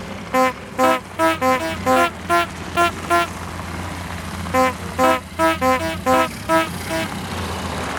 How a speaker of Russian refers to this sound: Поэтому автомобили и снабдили сигнальными устройствами. Например, звуковыми рожками. Машины издавали пронзительные гудки, которые предупреждали об их появлении животных или зазевавшихся пешеходов.